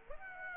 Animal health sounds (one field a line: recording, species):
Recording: mosquito wingbeat signal from an infrared sensor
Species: Aedes aegypti